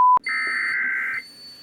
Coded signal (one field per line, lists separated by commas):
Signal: Emergency Alert System (SAME) tones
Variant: header bursts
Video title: MISS JINXERIE'S CURSE... 🌪 || EAS Alerts from March 30, 2024 (EAS #2,486- 2,502)